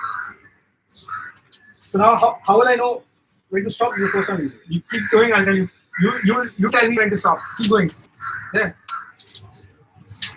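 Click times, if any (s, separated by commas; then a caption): 9.2 s. A torque wrench is used for the first time to tighten a bolt on a motorcycle rally kit mount while two people talk. A single short click sounds at 9.2 s as the wrench reaches its setting. It had already clicked on the first pull, so the bolt was over-tightened.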